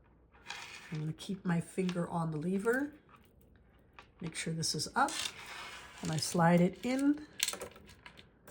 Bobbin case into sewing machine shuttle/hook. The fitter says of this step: until it locks in place. Did you hear the click? Then you know it's in there.